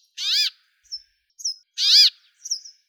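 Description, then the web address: Brambling giving two harsh, nasal, arched wheezy calls about one and a half seconds apart, with thin, high, short notes between and after them. "Fringilla montifringilla"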